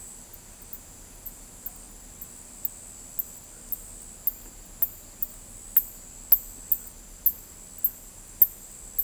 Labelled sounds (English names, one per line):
none